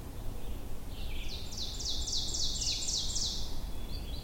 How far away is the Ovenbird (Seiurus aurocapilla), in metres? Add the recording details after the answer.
about 30 m. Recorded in boreal forest in Alberta, Canada, on 22 June 2016 at 08:02. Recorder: SongMeter 3, array SBT-6-76. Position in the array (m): 155 m, 115 m. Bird 3